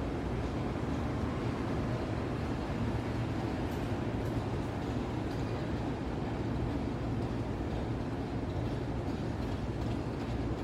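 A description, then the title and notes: A nighttime Midtown New York City soundscape through an open window: a steady, dense low rumble of traffic fills the whole stretch without pause. Faint brighter hiss and soft scattered clicks drift above it, with a slight swell around four to five seconds. Open Window New York City Soundscape at Night. Midtown Manhattan City Sounds. City soundscape of Midtown New York City in binaural audio. This is a view of 33rd street from my hotel room in the evening. The audio is not looped and recorded on location.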